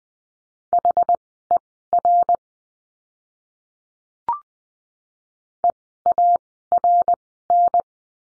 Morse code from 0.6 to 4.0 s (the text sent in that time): HER